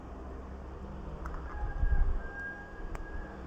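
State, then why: Seated. A SIM card is pushed into the SIM slot of a 4G wifi router and clicks into place at 1.3 s, with a second faint tick at 1.3 s and another sharp click at 3.0 s over a low background hum. The card seats correctly in the slot, and someone talks.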